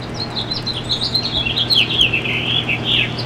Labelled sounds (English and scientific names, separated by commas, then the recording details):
House Finch (Haemorhous mexicanus) song
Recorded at Moriches on Long Island, New York, on 22 June 2013
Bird B